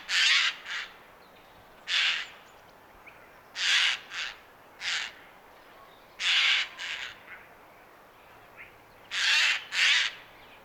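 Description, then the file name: Eurasian jay harsh calls: loud rasping screeches, often in pairs, in irregular bursts. "Garrulus glandarius"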